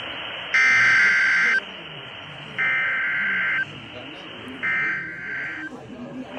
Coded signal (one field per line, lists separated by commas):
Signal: Emergency Alert System (SAME) tones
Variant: header bursts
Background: speech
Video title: KIG86 EAS alerts Feb 27 2023